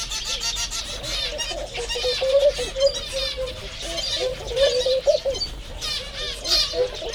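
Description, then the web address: White-handed gibbon calling, a series of quavering hoots with rising swoops and louder bursts near the end, backed by constant busy bird chatter. Captive at Jászberény Zoo, 30 April 2016, with many bird species. "allathangok jaszberenyizoo 2016 madarak tobbfelemadar feherkezugibbonis 04 30"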